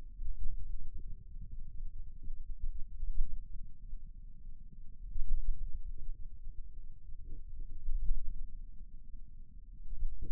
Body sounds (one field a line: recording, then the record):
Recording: forearm muscle sounds (acoustic myography)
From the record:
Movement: pen grasping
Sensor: system 2, bracelet of six BSWA MPA416 microphones around the upper forearm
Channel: 6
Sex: male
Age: 22 years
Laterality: right